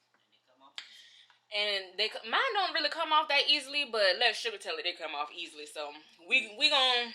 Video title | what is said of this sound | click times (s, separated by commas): Iced Coffee At Home | make sure your top on there good because these tops don't screw they just they snap into place | 0.8 s